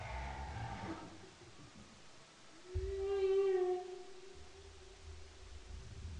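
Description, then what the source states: Humpback whale song unit: a long, steady, harmonic moan that rises slightly and holds, after a fainter tonal sound, over low background rumble. Humpback whale, Bering Strait, 5 October 2009.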